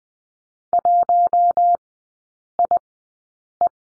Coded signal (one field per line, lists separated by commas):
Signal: Morse code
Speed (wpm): 20 wpm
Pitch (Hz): 700 Hz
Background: none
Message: 1IE